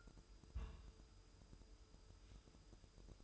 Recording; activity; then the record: daily activity, microphone in the room; place on stove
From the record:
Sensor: 2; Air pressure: 988.2 hPa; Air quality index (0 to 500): 191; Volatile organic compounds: 184 ppm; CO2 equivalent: 4159 ppm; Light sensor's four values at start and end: 21/70/27/26 and 21/70/27/26